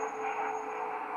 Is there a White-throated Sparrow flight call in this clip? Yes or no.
no